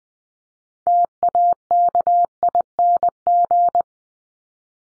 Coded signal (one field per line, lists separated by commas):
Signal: Morse code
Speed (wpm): 20 wpm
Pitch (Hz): 700 Hz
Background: none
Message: TAKING